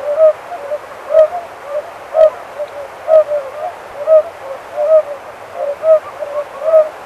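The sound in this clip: Oriental fire-bellied toad: soft, hollow notes repeated in a steady series.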